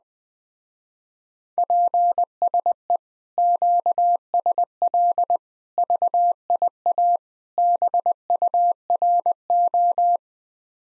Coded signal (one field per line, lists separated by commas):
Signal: Morse code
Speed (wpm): 20 wpm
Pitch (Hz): 700 Hz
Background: none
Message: PSE QSL VIA BURO